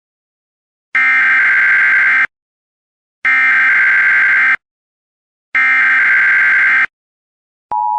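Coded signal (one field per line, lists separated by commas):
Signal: Emergency Alert System (SAME) tones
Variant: header bursts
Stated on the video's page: Fake emergency alert about a bee attack.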